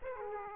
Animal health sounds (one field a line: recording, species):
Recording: mosquito wingbeat signal from an infrared sensor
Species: Aedes aegypti